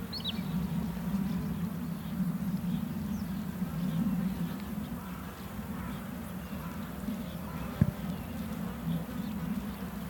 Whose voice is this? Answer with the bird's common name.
Wood Sandpiper